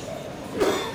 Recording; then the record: coughing mixed with background sound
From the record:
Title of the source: Mid-morning Winter Coughing Fit